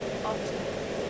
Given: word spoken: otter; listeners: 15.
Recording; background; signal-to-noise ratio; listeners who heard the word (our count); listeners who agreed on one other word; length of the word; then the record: one English word in noise, from a listening test; speech-shaped noise; -6.9 dB; 5 of 15; 7 of 15; 0.70 s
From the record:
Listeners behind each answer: 7, 5, 2, 1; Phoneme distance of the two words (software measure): 17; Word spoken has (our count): 2 syllables, 3 phonemes, stress on syllable 1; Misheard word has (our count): 2 syllables, 4 phonemes, stress on syllable 1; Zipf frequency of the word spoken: 3.80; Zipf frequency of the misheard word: 4.41